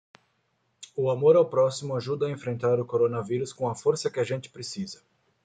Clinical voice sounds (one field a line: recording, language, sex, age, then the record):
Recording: spoken sentence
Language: Brazilian Portuguese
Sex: male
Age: 30 to 39 years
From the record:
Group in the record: control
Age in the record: 39 years